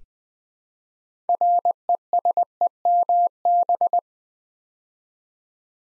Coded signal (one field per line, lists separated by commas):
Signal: Morse code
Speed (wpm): 20 wpm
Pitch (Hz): 700 Hz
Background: none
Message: RESEMB